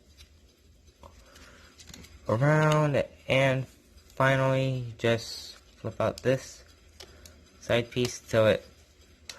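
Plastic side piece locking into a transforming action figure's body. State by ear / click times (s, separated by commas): seated / 9.3 s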